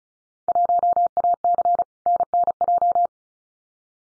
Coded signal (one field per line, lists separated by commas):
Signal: Morse code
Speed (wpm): 34 wpm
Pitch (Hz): 700 Hz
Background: none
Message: 1AC NNJ